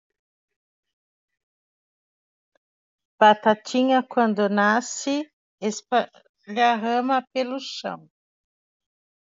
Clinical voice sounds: short text; Brazilian Portuguese; female; 50 to 59 years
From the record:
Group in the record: control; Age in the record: 54 years

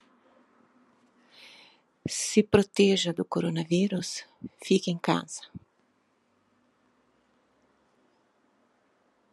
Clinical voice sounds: short text; Brazilian Portuguese; female; 60 to 69 years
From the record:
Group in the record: control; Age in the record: 63 years

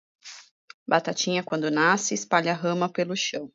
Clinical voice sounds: short text; Brazilian Portuguese; female; 40 to 49 years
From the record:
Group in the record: control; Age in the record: 45 years

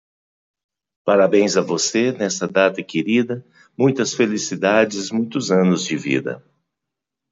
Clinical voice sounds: short text; Brazilian Portuguese; male; 50 to 59 years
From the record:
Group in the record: control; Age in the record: 55 years

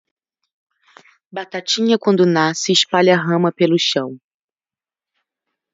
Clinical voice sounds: short text; Brazilian Portuguese; female; 30 to 39 years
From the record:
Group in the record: control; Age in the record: 30 years

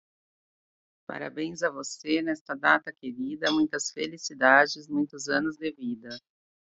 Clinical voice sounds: short text; Brazilian Portuguese; female; 40 to 49 years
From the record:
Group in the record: control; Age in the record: 42 years

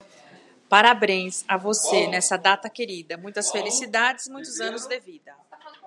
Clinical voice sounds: short text; Brazilian Portuguese; female; 50 to 59 years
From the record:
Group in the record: control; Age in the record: 51 years

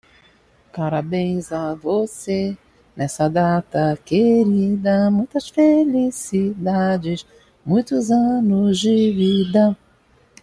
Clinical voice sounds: short text; Brazilian Portuguese; female; 50 to 59 years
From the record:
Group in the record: control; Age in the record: 56 years

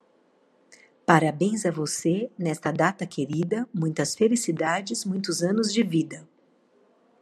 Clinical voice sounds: short text; Brazilian Portuguese; female; 40 to 49 years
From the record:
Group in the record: control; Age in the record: 45 years

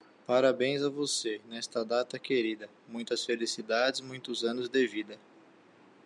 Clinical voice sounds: short text; Brazilian Portuguese; male; 20 to 29 years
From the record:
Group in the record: control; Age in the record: 26 years

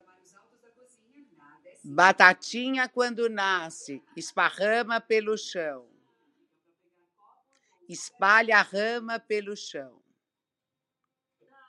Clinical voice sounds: short text; Brazilian Portuguese; female; 60 to 69 years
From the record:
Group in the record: control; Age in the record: 67 years

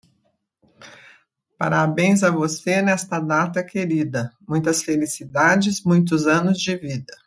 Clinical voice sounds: short text; Brazilian Portuguese; female; 60 to 69 years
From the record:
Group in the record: control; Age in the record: 69 years

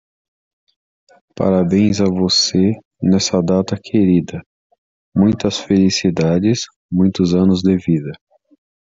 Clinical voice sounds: short text; Brazilian Portuguese; male; 30 to 39 years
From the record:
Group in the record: control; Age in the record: 38 years

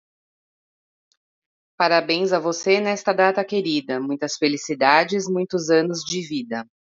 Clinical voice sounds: short text; Brazilian Portuguese; female; 40 to 49 years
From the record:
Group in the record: control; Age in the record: 46 years

